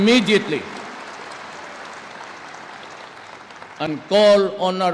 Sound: applause